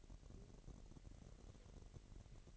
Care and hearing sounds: daily activity, microphone in the room; take from stove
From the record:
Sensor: 4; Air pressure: 1012.8 hPa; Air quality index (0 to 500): 239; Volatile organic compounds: 4 ppm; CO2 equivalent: 1589 ppm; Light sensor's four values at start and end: 27/65/26/25 and 27/63/25/25

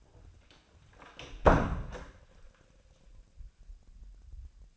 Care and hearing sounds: daily activity, microphone in the room; close door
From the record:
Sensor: 2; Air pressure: 1009.1 hPa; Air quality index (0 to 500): 176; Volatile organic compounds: 2 ppm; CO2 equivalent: 1279 ppm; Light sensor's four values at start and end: 34/90/38/41 and 34/89/38/41

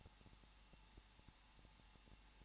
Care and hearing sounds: daily activity, microphone in the room; no activity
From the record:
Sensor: 1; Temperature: 20.1 degrees Celsius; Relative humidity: 39.4%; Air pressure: 1006.4 hPa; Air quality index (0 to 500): 218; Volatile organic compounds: 80 ppm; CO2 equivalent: 3608 ppm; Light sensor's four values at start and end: 1/2/1/1 and 1/2/1/1

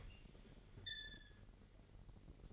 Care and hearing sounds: daily activity, microphone in the room; open fridge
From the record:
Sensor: 4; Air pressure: 1002.7 hPa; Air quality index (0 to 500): 239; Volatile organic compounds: 16 ppm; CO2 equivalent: 2561 ppm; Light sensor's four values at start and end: 4/10/4/4 and 4/10/4/4

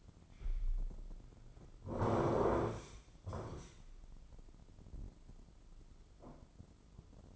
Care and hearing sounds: daily activity, microphone in the room; sit down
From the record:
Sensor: 5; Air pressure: 996.1 hPa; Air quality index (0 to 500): 246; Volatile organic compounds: 493 ppm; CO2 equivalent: 4810 ppm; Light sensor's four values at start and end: 174/416/177/193 and 174/416/177/193

